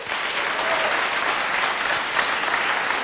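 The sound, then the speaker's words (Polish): An audience in the hall at a Polish Radio Trójka premiere radio concert claps steadily for Wojciech Młynarski, who is present, in sustained, even applause, a dense wash of overlapping hand claps at a constant loud level with no voices standing out. “Nie bójmy się użyć tego słowa, legenda obecna zresztą na sali, poproszę o oklaski.”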